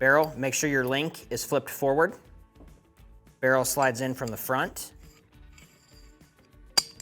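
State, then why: Seated. During 1911 pistol reassembly, the steel barrel is slid from the front into the upside-down slide while someone talks. A sharp metallic click at 6.8 s marks the barrel locking into place in the slide.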